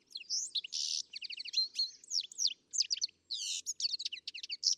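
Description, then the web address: Bird calls, dense bursts of high twittering chirps and buzzy notes, almost continuous, with only a short break. "Deverinetal. Bird Only"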